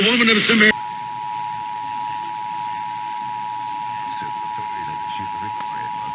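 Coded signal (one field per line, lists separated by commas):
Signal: Emergency Alert System (SAME) tones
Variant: 853 and 960 Hz attention tone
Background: speech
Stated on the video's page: Weekly and monthly EAS tests caught off WHAS and others, including Orange and Washington monthly tests and the IPAWS weekly test.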